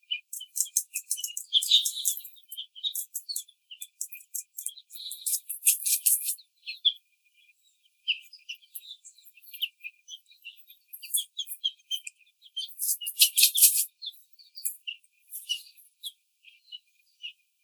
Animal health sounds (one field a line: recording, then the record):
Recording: young laying hens in a cage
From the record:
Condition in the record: treatment cage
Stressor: simulated dog barking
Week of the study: 5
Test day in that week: 1